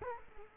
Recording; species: mosquito wingbeat signal from an infrared sensor; Culex quinquefasciatus